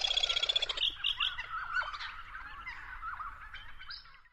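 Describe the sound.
Australasian grebe giving a high, rapid chittering trill that breaks into shorter bursts, followed by lower chattering notes.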